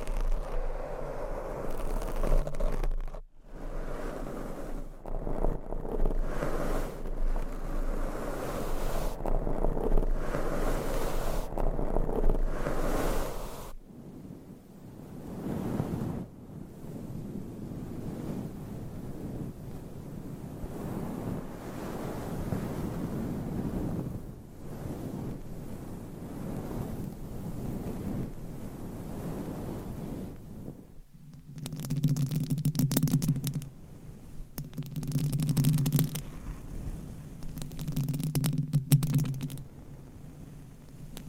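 Scratching, tapping and brushing against a covered microphone, a dense, rough rushing that swells and fades in uneven strokes. The first fourteen seconds carry a steady low hum under the brushing; after about thirty-one seconds, three louder bursts of low, buzzing scratches come a few seconds apart.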